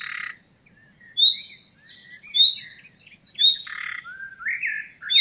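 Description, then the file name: Common nightingale singing varied phrases of clear high whistles, grating rattles and rising slurred notes, with brief silences between bursts and a faint low rumble underneath. "Luscinia megarhynchos"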